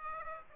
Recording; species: mosquito wingbeat signal from an infrared sensor; Aedes aegypti